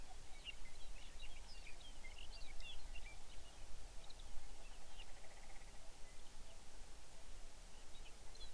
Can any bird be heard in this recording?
yes